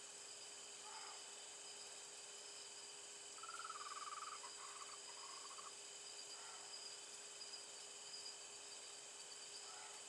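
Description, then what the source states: Frog calling with short croaks and one longer pulsed, rattling trill in the middle, set against continuous high insect buzzing and hiss. Recorded on 27 November 2020 in the evening, at 20:47.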